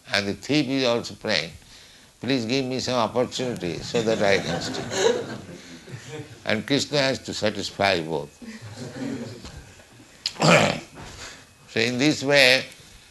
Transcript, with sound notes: And the thief is also praying, "Please give me some opportunity so that I can steal." [laughter] And Kṛṣṇa has to satisfy both. So in this way,